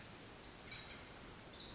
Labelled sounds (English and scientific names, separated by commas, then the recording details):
Pacific Wren (Troglodytes pacificus)
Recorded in Sonoma County, California